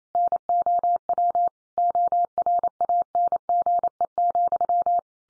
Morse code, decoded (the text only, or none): NOW ORANGE,